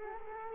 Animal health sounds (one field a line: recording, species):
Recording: mosquito wingbeat signal from an infrared sensor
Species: Culex quinquefasciatus